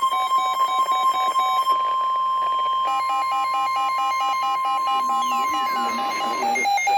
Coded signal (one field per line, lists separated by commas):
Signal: Emergency Alert System (SAME) tones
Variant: 1050 Hz attention tone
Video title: EAS #98-99 Special Marine Warning